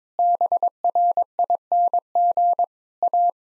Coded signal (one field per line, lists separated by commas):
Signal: Morse code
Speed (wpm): 22 wpm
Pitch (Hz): 700 Hz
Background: none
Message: BRING A